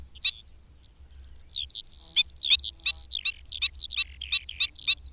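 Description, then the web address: Black-winged stilt sharp yapping notes mixed with thin sliding whistles and twittering from another bird, growing busier midway. "Madardalok Gólyatöcs"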